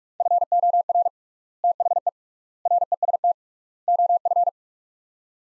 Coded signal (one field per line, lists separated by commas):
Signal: Morse code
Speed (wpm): 45 wpm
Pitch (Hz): 700 Hz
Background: none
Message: FOR THE REST OF